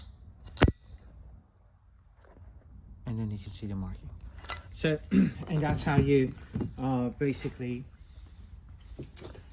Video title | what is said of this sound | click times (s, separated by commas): Mercedes Benz M276 Engine timing - V8 | So this locks in place, | 0.6 s